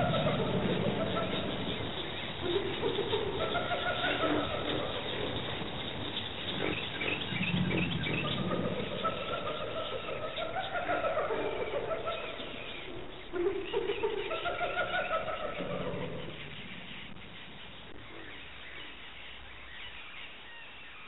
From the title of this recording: Birds, Hyena, Elephant